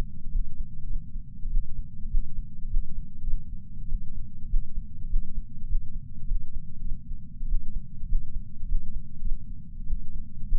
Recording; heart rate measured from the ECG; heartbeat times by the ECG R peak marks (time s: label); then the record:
heart sounds by patch sensor on the chest; 100 bpm
0.31 s: heartbeat
0.86 s: heartbeat
1.50 s: heartbeat
2.09 s: heartbeat
2.69 s: heartbeat
3.22 s: heartbeat
3.88 s: heartbeat
4.48 s: heartbeat
5.08 s: heartbeat
5.68 s: heartbeat
6.27 s: heartbeat
6.81 s: heartbeat
7.47 s: heartbeat
8.07 s: heartbeat
8.67 s: heartbeat
9.21 s: heartbeat
9.87 s: heartbeat
10.47 s: heartbeat
From the record:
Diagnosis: coronary artery disease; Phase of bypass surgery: postoperative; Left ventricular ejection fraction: 34.1%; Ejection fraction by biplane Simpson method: 29.5%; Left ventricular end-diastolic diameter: 66 mm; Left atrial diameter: 43 mm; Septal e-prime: 4.6 cm/s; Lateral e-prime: 6.7 cm/s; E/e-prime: 15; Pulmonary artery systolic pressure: 38 mmHg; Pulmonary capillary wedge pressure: 9 mmHg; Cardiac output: 3.4 L/min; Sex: male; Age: 47 years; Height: 180 cm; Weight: 90 kg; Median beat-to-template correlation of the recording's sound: 0.83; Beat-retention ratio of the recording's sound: 0.99